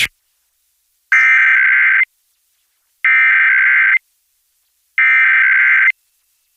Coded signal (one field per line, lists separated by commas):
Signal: Emergency Alert System (SAME) tones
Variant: header bursts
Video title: LOUD Indiana Monthly Test on WZPL Greenfield, Indiana (99.5 ZPL) (11/17/22) (EAS #60)